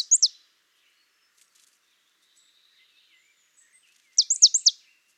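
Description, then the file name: Marsh tit calling: a sharp two-note call opens, then a rapid run of four or five high, steeply falling notes near the end, quiet in between. "Poecile palustris"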